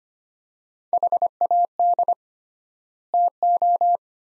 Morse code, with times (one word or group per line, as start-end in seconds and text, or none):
0.9-2.1 HAD
3.1-4.0 TO